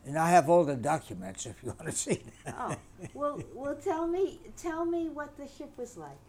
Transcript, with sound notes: And I have all the documents if you want to see them. ( he laughs )
Well, tell me what the ship was like,